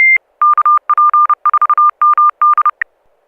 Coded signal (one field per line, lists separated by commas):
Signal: Morse code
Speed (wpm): 32 wpm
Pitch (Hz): 1200 Hz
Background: none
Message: KP4MD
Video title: N6NA SSTV Net - 09/25/2024